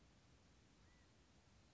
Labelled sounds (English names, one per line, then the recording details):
California Quail
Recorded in Sonoma County, California